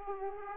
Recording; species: mosquito wingbeat signal from an infrared sensor; Aedes aegypti